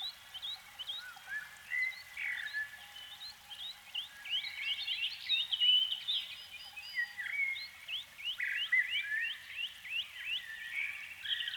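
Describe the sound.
Canary song: bright repeated chip notes and rolling trills in quick changing series, over a faint steady hum.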